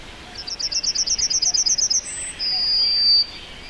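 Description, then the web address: Yellowhammer song: about a dozen quick identical high notes, then a short higher note and a long sustained closing whistle, clear and unaccompanied. "Naturpark Canyon. Goldammer"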